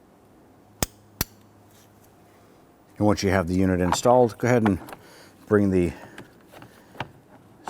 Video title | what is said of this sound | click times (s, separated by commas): How to Replace Combination Switch 2005-2021 Nissan Frontier | you're going to feel and hear it click into place | 0.8 s, 1.2 s